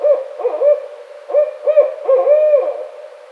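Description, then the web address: Barred owl hooting: a series of loud hoots at one steady pitch, some bunched closely together, the last drawn out longer. Recorded 29 May 2009. "Barred Owl 2009 05 29"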